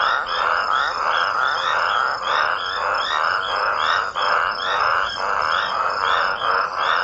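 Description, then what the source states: Toads calling raucously together, coarse rattling croaks merging into a steady throbbing din with brief dips in loudness. Several raucous toads.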